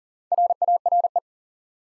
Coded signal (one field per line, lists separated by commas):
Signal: Morse code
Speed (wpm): 42 wpm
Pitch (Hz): 700 Hz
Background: none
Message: RARE